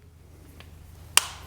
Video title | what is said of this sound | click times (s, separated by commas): Best Work Light, Klein, Milwaukee, Olight Baton 3 work light | right there snaps into place | 1.2 s